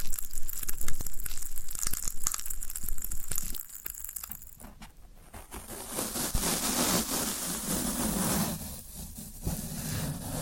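Floral foam being crushed and crumbled, with dense crackly snapping throughout, a brief quieter pause near five seconds, then steadier gritty crumbling.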